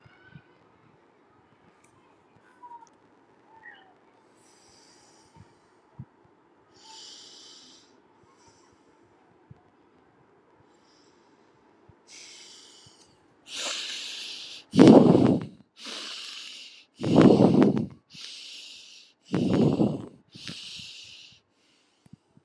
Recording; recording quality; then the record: shallow breathing; excellent, no background noise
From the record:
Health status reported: healthy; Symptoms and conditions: hypertension, diabetes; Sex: male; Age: 65 years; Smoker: not ticked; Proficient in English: yes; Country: India